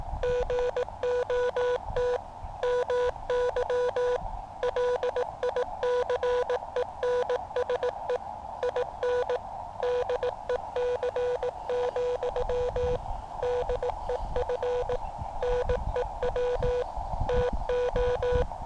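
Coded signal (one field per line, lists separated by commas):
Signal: Morse code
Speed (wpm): 18 wpm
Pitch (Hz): 490 Hz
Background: none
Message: GOT MY LICENSE IN DEC, DEF NEW TO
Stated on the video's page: Morse CW sent on a QCX Mini transceiver.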